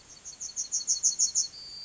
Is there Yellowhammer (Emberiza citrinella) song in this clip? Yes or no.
yes